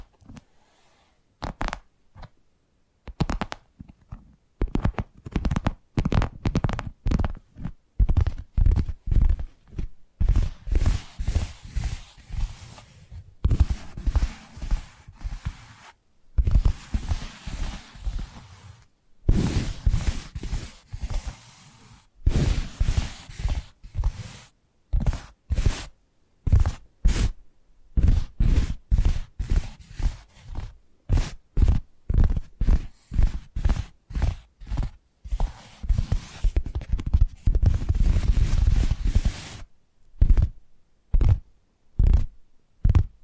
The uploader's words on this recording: ASMR 10 Addictive Tapping Triggers. (No Talking).